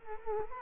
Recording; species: mosquito wingbeat signal from an infrared sensor; Culex quinquefasciatus